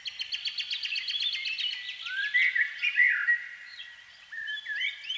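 Canary singing a rapid repeated trill of clipped notes, followed by slurred downward and upward whistles and soft twitters.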